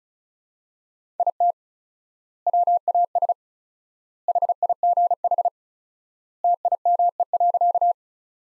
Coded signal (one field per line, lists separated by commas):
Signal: Morse code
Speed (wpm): 34 wpm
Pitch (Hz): 700 Hz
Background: none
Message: IT WAS HIGH TIME.